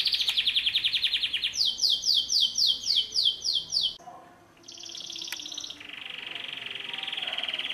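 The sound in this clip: Canary song opening with a fast trill, then a string of loud descending whistled notes, a pause, and further high and lower rolling trills.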